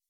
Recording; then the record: hydrophone in a shrimp aquaculture tank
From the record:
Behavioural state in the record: weakened